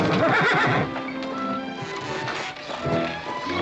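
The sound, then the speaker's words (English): In the film McLintock! (1963), a horse lets out a loud, quavering whinny, then further snorts and neighs follow over a steady clatter of hooves clip-clopping, with no one speaking. “Drago, have him on the horse.”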